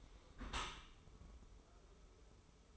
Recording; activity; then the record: daily activity, microphone in the room; close dishwasher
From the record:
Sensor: 1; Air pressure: 1015.0 hPa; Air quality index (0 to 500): 25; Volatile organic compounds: 0 ppm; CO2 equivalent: 502 ppm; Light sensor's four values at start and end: 13/30/12/14 and 13/30/13/14